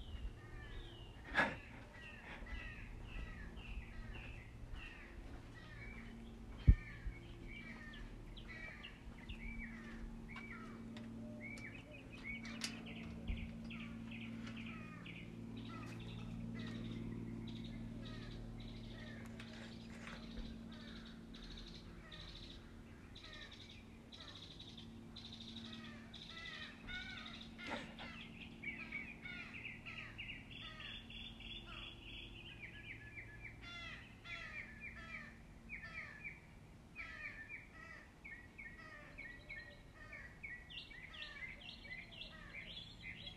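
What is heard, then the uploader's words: Birds sing and chatter without pause, quick bright calls stacking up in the upper range, with a few harsher caw-like notes. A steady low hum sits underneath throughout, and a couple of sharp clicks stand out near the start and around seven seconds. Birds singing.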